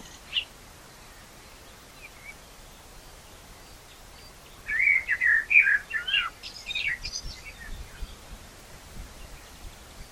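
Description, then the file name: Common blackbird song phrase after several seconds of quiet background hiss, a burst of mellow warbled notes followed by thin high twittering. "Turdus merula"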